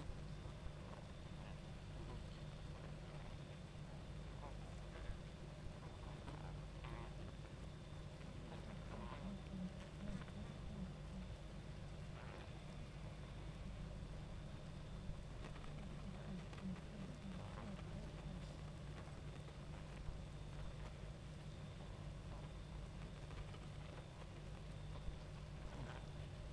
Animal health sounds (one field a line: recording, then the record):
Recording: honeybee colony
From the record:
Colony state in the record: active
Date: 28 July 2017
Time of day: 22:06